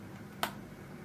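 The lid of a plastic earbud charging case fitted with a novelty phone-shaped cover is closed onto the case body, with the closer listening for the click that means it is fully shut. A single sharp snap sounds at 0.4 s over quiet background hiss. The lid clicks shut and the case is fully closed.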